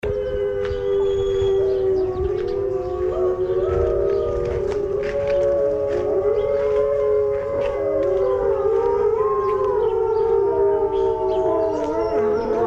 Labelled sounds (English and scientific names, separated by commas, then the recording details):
Gray Wolf (Canis lupus) howling
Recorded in captivity
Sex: group
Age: adult
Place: Zoo Berlin, Berlin, DE
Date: 1984-08-18 13:21
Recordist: Tembrock, Günter
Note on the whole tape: Gruppe von 9 Tieren: Heulen, agonistisches Verhalten, Bellen, Winseln u.a. Laute